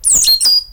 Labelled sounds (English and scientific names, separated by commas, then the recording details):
Stitchbird (Notiomystis cincta) song
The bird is a male
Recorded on Tiritiri Matangi Island, New Zealand, in 2005
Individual 12, of nest box 16